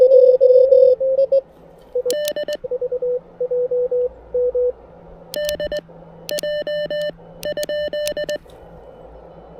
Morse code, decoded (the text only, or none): DDJ ?